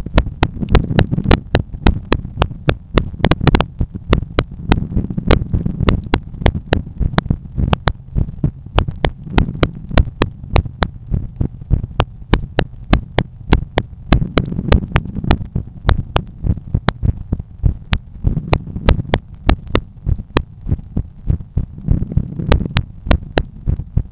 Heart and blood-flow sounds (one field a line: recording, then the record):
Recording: heart sounds by stethoscope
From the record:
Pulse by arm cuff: 96 bpm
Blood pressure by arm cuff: 148/90 mmHg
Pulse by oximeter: 103 bpm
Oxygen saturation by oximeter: 95%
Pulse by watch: 97 bpm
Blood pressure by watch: 131/85 mmHg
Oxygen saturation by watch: 95%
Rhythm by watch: sinus rhythm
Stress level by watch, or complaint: medium stress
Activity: after 1 min smoking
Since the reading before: plus 100 steps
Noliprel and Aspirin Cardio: no pills today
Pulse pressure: 58 mmHg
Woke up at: 7:30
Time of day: 16:24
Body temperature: 36.3 C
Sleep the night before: 9 h 22 min, score 68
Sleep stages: REM 22%, light 66%, deep 4%, awake 8%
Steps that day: 11800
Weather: sunny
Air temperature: 19.4 C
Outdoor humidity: 73%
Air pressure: 1015 hPa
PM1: 3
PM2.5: 5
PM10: 7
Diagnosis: hypertension, treated with Noliprel and Aspirin Cardio 100 mg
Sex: male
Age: 53 years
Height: 174 cm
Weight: 81 kg